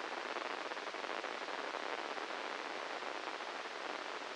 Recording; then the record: brain microelectrode recording played as sound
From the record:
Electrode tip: inside the subthalamic nucleus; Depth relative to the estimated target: -5 mm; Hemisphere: left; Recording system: NeuroSet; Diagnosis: Parkinson's disease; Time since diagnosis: 10 years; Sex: male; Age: 56 years